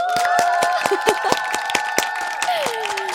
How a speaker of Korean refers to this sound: 그러면 우리 1074님을 위해서 박수 한번 더 칠까요?